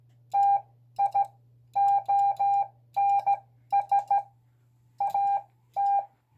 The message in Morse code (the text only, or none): TIONS AT